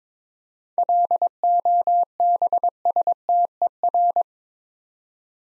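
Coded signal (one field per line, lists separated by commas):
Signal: Morse code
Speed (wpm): 22 wpm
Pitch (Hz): 700 Hz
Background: none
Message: LOBSTER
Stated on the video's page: Morse practice set of easy words at 22 wpm, using contextual hints (priming) before each word.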